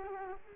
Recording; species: mosquito wingbeat signal from an infrared sensor; Culex quinquefasciatus